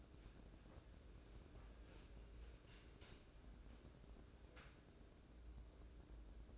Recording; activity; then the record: daily activity, microphone in the room; wipe stove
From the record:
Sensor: 2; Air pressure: 1012.1 hPa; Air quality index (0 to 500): 156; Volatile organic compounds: 2 ppm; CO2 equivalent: 1144 ppm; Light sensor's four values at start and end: 361/899/362/375 and 358/890/359/371